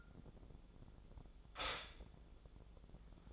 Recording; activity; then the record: daily activity, microphone in the room; stop toaster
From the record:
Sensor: 5